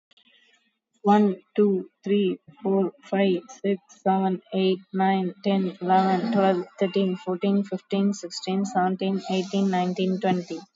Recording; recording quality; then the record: counting at a normal pace; excellent, no background noise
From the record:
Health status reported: COVID-19 positive, mild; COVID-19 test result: positive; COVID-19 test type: RT-PCR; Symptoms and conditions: cough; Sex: female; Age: 18 years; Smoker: no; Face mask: worn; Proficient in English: yes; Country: India